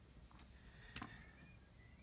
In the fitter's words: white lines seem to be pretty good and the tabs are locked into place so